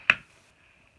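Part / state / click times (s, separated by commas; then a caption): upholstery attachment onto vacuum wand/hose end / seated / 0.1 s. An upholstery attachment that popped off during use is pushed back onto the plastic wand or hose end of a Simplicity S36 (Moxie/Impeccable) vacuum, giving one sharp click at 0.1 s followed by a faint high ringing tail. It clicks into place, but the locking mechanism is weak, letting the attachment pop off when used too aggressively or too fast.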